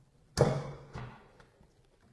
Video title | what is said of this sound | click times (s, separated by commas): 💎 رومات ترشح للمسابقه الكبرى | okay so that's now locked into place and the cpu killer | 0.4 s